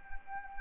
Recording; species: mosquito wingbeat signal from an infrared sensor; Anopheles arabiensis